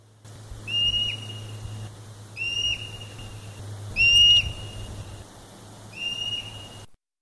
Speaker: that cool sound is the alarm sound of a marmot, giving away one of its common names of a whistle pig.